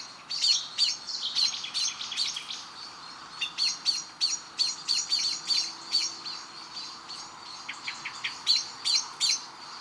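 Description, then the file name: Eurasian blackbird calls: crisp chinking notes in runs of several, separated by short pauses, against light background noise. "Turdus merula"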